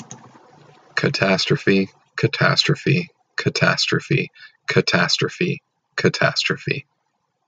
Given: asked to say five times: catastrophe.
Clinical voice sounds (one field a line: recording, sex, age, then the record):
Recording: repeated word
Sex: male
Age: 40 to 49 years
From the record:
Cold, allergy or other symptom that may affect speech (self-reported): no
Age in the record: 41 years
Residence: Oregon, United States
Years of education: 14